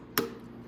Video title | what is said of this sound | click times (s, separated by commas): Securing Your Venom x21: How to Use All the Locks on Your Venom 50cc Motorcycle - Venom Motorsports | down like that and your key should snap sideways just like this and then you can remove it shut | 0.2 s